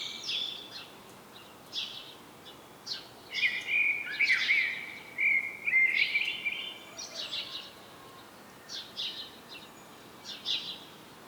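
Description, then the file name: Common blackbird song: fluty, warbling phrases with squeaky flourishes, among thin high twittering notes. "Turdus merula"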